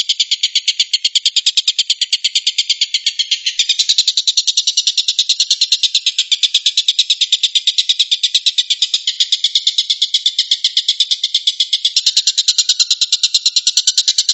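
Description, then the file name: Stork-billed kingfisher sustained rattling call: quick, machine-gun-like harsh notes in rapid succession over a long unbroken run. Rapid call style known locally as tembakan, meaning shooting. "suara tembakan tengkek buto"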